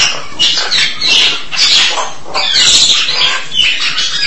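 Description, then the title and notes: Starling chattering song in short bursts of raspy, squeaky notes with a few thin whistles, pausing briefly between phrases. "suara burung jalak"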